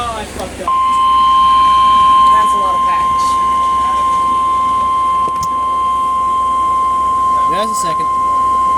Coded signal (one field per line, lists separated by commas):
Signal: Emergency Alert System (SAME) tones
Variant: 1050 Hz attention tone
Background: speech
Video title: Welcome back, Mount Holly!(EAS#291)